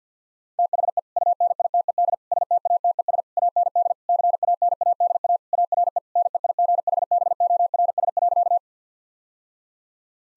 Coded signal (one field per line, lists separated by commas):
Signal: Morse code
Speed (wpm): 50 wpm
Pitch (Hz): 700 Hz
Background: none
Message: THE UNITED STATES AND CANADA ARE NEIGHBORS.